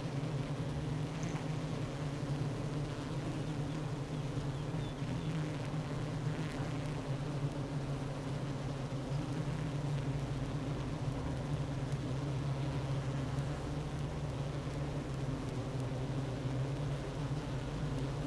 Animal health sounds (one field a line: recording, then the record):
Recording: honeybee colony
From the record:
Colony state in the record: active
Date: 12 June 2018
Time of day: 9:32